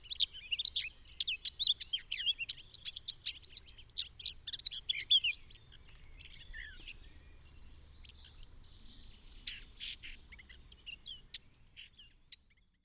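Eurasian Blackcap song, a dense scratchy warble of rapid chirps and squeaky notes, loudest early, then thinning into sparse quieter notes that fade out toward the end.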